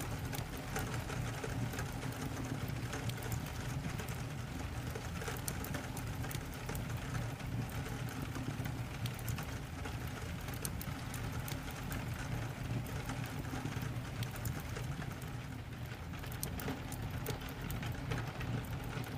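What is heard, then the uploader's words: Rain on a window and a crackling fireplace fill a steady, dense bed of sound. A low, even hum runs underneath throughout, while quick sharp ticks and pops scatter irregularly across the whole span. Nothing swells or fades; the mix stays constant. Library study room rain on window fireplace.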